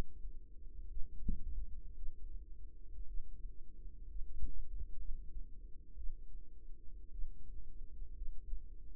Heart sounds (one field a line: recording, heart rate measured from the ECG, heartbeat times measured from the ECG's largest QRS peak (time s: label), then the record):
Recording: heart sounds by microphone in the right ear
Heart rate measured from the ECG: 58 bpm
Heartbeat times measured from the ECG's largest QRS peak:
0.87 s: heartbeat
1.94 s: heartbeat
3.05 s: heartbeat
4.06 s: heartbeat
4.96 s: heartbeat
5.95 s: heartbeat
7.10 s: heartbeat
8.13 s: heartbeat
From the record:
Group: healthy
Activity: rest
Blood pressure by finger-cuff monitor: 87/60 mmHg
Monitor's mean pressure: 69 mmHg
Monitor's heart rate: 59 bpm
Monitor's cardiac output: 4.2 L/min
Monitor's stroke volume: 75 mL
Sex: female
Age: 36 years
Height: 163 cm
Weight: 88 kg